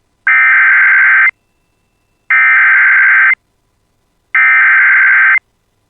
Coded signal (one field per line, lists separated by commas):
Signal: Emergency Alert System (SAME) tones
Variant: header bursts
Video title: [EAS] Severe Thunderstorm Watch for Bemidji and Bemidji Area (6/29/26)